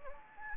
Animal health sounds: mosquito wingbeat signal from an infrared sensor; Anopheles gambiae

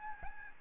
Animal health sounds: mosquito wingbeat signal from an infrared sensor; Aedes albopictus

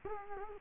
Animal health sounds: mosquito wingbeat signal from an infrared sensor; Culex quinquefasciatus

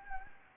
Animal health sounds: mosquito wingbeat signal from an infrared sensor; Anopheles gambiae

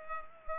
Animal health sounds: mosquito wingbeat signal from an infrared sensor; Culex pipiens

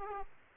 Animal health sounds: mosquito wingbeat signal from an infrared sensor; Aedes aegypti

